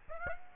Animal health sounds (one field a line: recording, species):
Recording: mosquito wingbeat signal from an infrared sensor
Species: Aedes aegypti